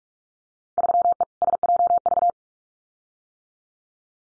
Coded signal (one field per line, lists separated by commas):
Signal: Morse code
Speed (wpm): 44 wpm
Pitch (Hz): 700 Hz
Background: none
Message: 3E SJV